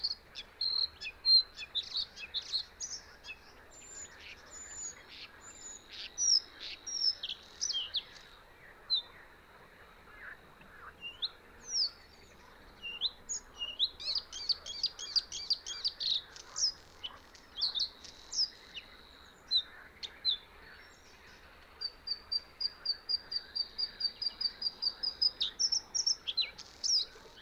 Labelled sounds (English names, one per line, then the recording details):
Bluethroat song
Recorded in the wild
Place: Gartz (Oder), Nationalpark Unteres Odertal, Brandenburg, DE
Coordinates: 53.1454, 14.366
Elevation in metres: 1
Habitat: wetland
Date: 2014-06-07 22:03
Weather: clear, 25°C, almost no wind
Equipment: Sound Devices 702, Sennheiser MKH 70, Rycote Windschutz
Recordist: Frommolt, Karl-Heinz
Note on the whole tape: Friedrichsthaler Polder, östlich der Unteren Welse im Schilfbestand: Gesang eines Blaukehlchens